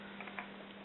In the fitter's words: lift up the back end a little bit slide it over you'll feel it click down